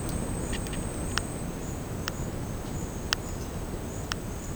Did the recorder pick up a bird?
no